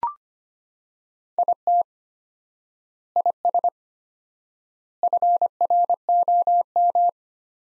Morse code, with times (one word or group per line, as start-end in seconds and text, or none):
1.4-1.8 IT
3.2-3.7 IS
5.0-7.1 FROM